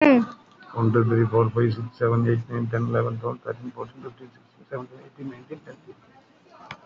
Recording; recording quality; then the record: counting at a fast pace; excellent, no background noise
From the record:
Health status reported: COVID-19 positive, moderate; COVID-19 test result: positive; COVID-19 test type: RT-PCR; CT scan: taken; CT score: 5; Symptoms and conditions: cough, cold, breathing difficulty, sore throat, fever, fatigue, muscle pain, loss of smell and taste, pneumonia, another condition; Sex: male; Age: 60 years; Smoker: yes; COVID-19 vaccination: none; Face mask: worn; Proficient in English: yes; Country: India